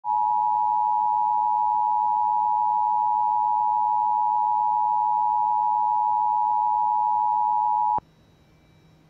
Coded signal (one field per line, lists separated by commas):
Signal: Emergency Alert System (SAME) tones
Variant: 853 and 960 Hz attention tone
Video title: (9/11/21 and 9/14/21) Practice Demo & Civil Authority Alerts (EAS 279-281)